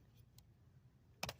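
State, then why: Released. A plastic propeller on a $50 SHRC Hobby H6 drone is accidentally unclicked from its motor hub while the drone is being handled. After a faint tick at about 0.4 s, a sharp plastic click sounds at 1.2 s, followed by a softer second snap just after. The propeller comes off the hub.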